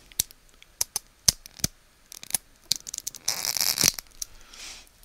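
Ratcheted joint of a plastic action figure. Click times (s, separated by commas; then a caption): 0.2 s, 0.8 s, 1.3 s, 2.4 s, 2.7 s. A ratcheted joint on a plastic Diamond Select Toys Ghostbusters action figure is bent close to the microphone, with a gear inside clicking, or popping, into place. Sharp clicks are heard at 0.2, 0.8, 1.3, 2.4 and 2.7 seconds, followed by a louder rustling burst around 3.3 to 3.9 seconds and a faint hiss near the end. The joint clicks into place each time and is a very tight joint.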